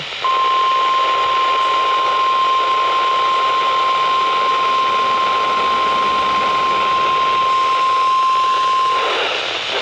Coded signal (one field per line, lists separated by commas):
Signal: Emergency Alert System (SAME) tones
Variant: 1050 Hz attention tone